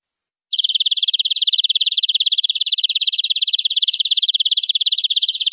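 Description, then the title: Canary song: a sustained, fast, rolling high trill of uniform notes running steadily for about five seconds in otherwise silent surroundings. "BM Suara Kenari"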